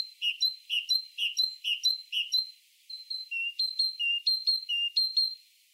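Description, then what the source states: Great tit calls: quick two-note phrases, a lower note then a higher one, about two a second, then a short pause and a varied run of similar notes. Great tit alone or with one other, calling in a special way when danger threatens, making itself sound bigger, as if part of a whole group.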